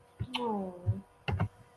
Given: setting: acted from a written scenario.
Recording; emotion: vocal sound without words; sympathy